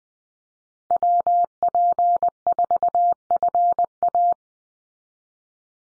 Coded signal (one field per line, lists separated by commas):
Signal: Morse code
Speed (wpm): 19 wpm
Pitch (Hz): 700 Hz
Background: none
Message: WP4FA